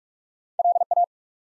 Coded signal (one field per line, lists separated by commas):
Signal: Morse code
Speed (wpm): 44 wpm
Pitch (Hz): 700 Hz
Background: none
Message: LA